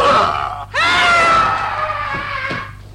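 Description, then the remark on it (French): An actor playing the Lion in the play of Pyramus and Thisbe imitates a lion's roar, making Thisbe flee: a brief loud growl, then a long, strained, harmonic-rich cry that swoops up in pitch, holds for about two seconds and fades. “Bien rugi, Lion.”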